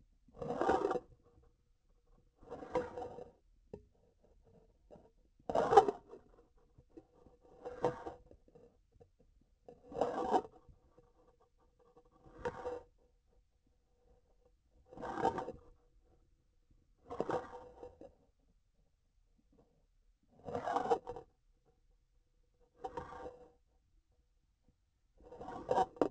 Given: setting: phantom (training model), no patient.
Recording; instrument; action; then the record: laparoscopic instrument, vibration sensor on the handle end; grasping forceps; approaching and retracting movements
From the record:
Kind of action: spatial motion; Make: Olympus